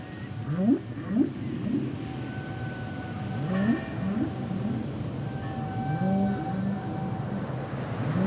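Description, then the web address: Whale song with repeated low upswept moans and thin steady tones, over a constant rumbling background. "Natures Songs Whale Songs Whales and Dolphins - whale nature sounds songs"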